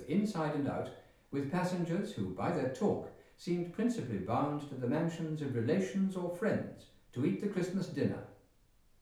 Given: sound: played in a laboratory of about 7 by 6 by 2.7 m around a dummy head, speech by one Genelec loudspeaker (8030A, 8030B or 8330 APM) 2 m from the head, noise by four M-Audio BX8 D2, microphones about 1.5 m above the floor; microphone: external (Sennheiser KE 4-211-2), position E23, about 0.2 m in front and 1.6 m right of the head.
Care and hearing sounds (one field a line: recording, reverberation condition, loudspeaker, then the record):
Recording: male speech in English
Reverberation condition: medium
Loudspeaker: behind (180 degrees)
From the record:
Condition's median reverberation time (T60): about 510 ms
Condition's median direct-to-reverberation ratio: about -0.5 dB